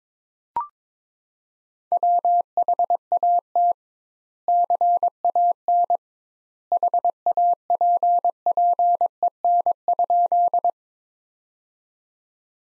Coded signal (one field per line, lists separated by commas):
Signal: Morse code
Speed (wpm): 22 wpm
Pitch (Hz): 700 Hz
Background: none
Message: WHAT CAN HAPPEN?